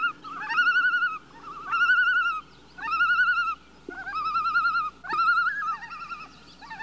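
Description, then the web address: Loon giving quavering tremolo flight calls, each about a second long, repeated steadily with short gaps between them. Calls given by a loon in flight. "bird loon flight calls animal"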